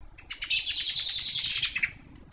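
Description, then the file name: Common blackbird gives a single harsh, rapid chattering call, a dense string of high notes lasting about a second and a half, with faint low rumble beneath. "Turdus merula"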